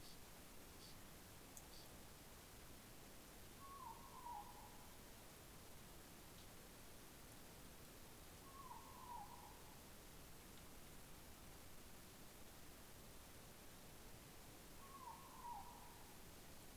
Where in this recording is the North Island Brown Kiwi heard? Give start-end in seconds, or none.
none